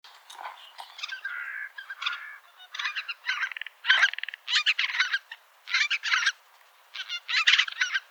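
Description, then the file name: Eurasian jay giving harsh, rasping screeches in rapid noisy bursts, several grouped together and repeated throughout with brief pauses between them. "Garrulus glandarius"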